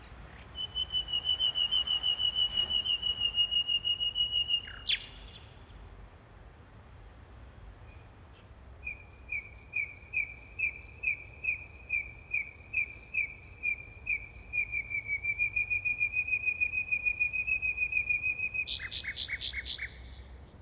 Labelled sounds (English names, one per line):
Common Nightingale song